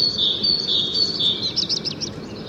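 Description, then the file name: Great tit calling: high thin notes, then a quick run of short sharp notes near the end, over background noise. "Parus major"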